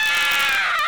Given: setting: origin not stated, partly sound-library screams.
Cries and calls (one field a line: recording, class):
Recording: one-second piece from a danger detection set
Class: woman in danger